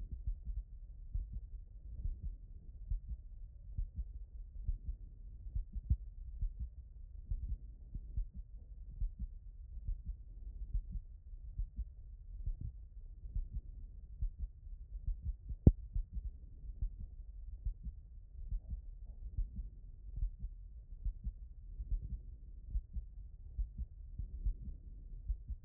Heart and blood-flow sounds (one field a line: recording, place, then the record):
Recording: heart sounds by stethoscope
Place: aortic valve (AV)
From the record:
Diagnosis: non-HFrEF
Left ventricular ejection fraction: 60%